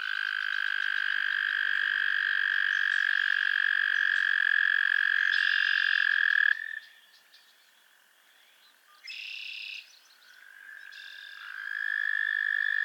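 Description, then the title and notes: Frogs trilling steadily for over six seconds, then quiet broken by one short burst of calling, before the trilling chorus returns. Chorus of frogs crooning to one another on an idyllic summer evening at Miners Marsh, Annapolis Valley, Nova Scotia. "Theraphonia - Frogsong at Miners Marsh. A chorus of frogs croon to one another on an idyllic summer evening in Miners Marsh, Annapolis Valley, Nova Scotia"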